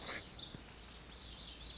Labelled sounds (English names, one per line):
Lazuli Bunting